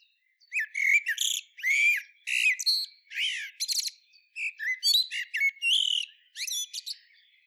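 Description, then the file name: Common blackbird calling with a continuous run of squeaky, chattering notes, some rising and falling, in short bursts with brief gaps for about seven seconds; no other sounds stand out. "Turdus merula"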